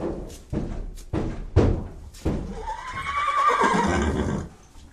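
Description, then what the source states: Horse neigh: several heavy thumps and bangs, then a wavering, drawn-out whinny. Horse being transported.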